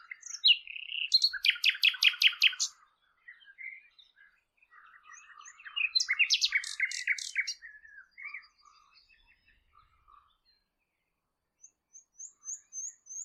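Bird song: a rapid buzzy trill, scattered chirps, a second fast phrase, then a series of soft high thin notes.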